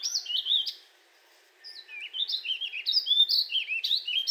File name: Warbling Vireo singing